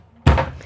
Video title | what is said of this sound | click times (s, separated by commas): 2026 Newmar London Aire 4551 Luxury Class A Motorhome | You're you're going to hear a little click, and that means that that is locked into place. | 0.3 s